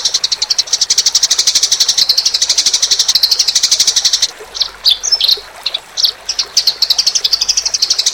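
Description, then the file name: Eurasian tree sparrow chatter: a rapid, steady run of high chirps, breaking into uneven sharper notes midway, then resuming the steady run. Sparrows fighting. "omkicau com gereja tarung"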